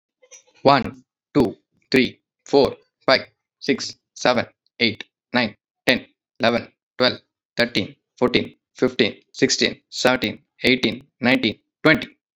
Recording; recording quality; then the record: counting at a fast pace; excellent, no background noise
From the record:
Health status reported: healthy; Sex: male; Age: 32 years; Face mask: not worn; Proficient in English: yes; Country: India